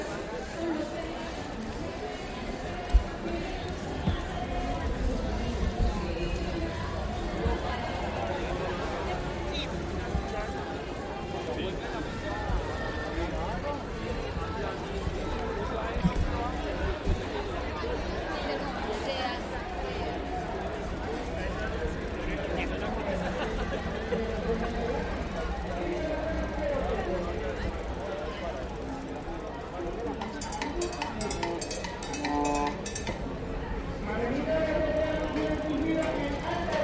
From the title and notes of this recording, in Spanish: Paisaje Sonoro Centro Centro de Bogotá en Bicicleta. Grabado en bicicleta.